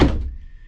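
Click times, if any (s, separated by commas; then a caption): none. An interior door in a 2021 Lance 1575 travel trailer is pushed shut so its latch meets the strike plate on the frame, making a dull, low thunk at the very start that fades over about 0.7 seconds, leaving a faint steady high tone. The latch does not catch and nothing seats or clicks; the door fails to latch and needs adjusting.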